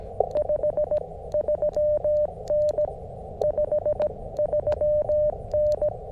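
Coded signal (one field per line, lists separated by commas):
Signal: Morse code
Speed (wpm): 17 wpm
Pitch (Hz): 600 Hz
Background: none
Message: 53N 53N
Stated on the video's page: QRP CW parks on the air activation on 20m and 40m, using a QMX transceiver, SP-4 paddles, and a Hamstick on a mag mount.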